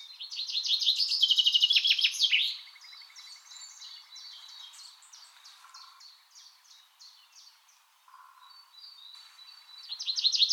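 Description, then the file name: Common chaffinch delivers a quick descending rattle ending in a flourish; quieter twitters and low buzzy notes follow, and a new song starts at the close. "Fringilla coelebs"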